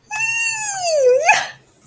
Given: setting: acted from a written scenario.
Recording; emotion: vocal sound without words; triumph